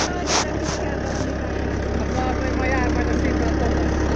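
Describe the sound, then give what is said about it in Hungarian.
A motor runs steadily with a continuous low, even rumble and a faint higher whine, holding the same level throughout with no change in speed. Faint voices may sit beneath it. “Motor.”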